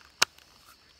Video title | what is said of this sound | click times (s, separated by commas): NEW Custom Knife Sheaths from Black Bear Custom Kydex: ESEE 5, Morakniv, Condor Mini Hudson Bay | it clicks into place now you've got your dangler | 0.2 s